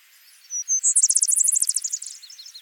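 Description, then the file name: Vesper sparrow song: a couple of clean introductory whistles, then a quick series of high, buzzy trilled notes that fade toward the end. "Pooecetes gramineus - Vesper Sparrow"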